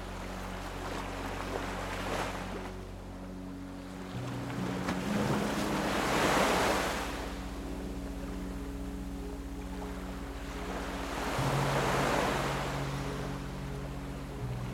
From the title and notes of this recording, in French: S'ENDORMIR au Son des VAGUES et une MUSIQUE Douce. L'envoûtante symphonie des vagues.